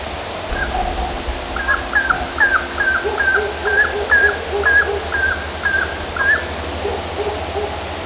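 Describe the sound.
Northern saw-whet owl call: short whistled high notes repeated about twice a second for several seconds, with fainter lower notes beneath and a steady low hum throughout.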